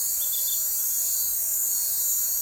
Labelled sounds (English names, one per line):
none